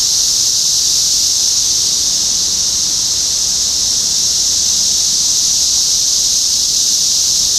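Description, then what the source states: Cicada chorus, a loud unbroken high-pitched drone, steady from start to end. Recorded in Topeka, Kansas, on 14 June 2015.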